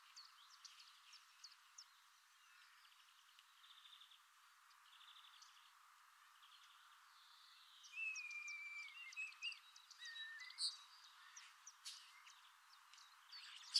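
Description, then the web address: Common starling song starting quietly with soft clicking and ticking, then louder from eight seconds with a falling whistle, squeaks and sharp clicks. "Deverinetal 2025. Bird Only"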